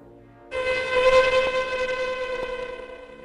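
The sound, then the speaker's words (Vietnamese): A woman imitates a ghostly howl, holding one long, loud, wavering high note for nearly three seconds after a brief quiet start, with no other sounds around it. “bắt đầu cất lên những tiếng ma hú man dở.”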